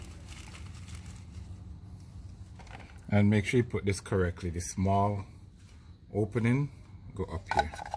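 Someone talks while handling an oil filter element for a BMW B58 engine after oiling its seal, orienting it so the small opening goes up before pushing it into the oil filter housing cap. Faint handling noise and a brief light knock near 2.8 s are heard under the talking. Nothing has seated or clicked yet.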